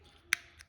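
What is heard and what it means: A CR2032 coin cell is pressed into the battery holder of a VW ID. Buzz key fob, under its two retaining clips. It seats with a sharp snap at 0.3 s, followed by a fainter tick at 0.6 s. The battery is confirmed seated and in there good.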